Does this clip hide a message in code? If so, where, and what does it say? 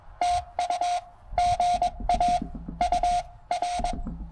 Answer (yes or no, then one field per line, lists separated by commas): yes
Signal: Morse code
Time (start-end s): 0.2-3.9 s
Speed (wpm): 22 wpm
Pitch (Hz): 720 Hz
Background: radio noise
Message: TU GA UR